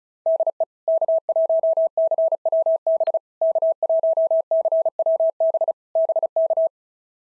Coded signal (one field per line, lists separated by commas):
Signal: Morse code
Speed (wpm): 34 wpm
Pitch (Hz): 650 Hz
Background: none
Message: DE K1CWB K1CWB BK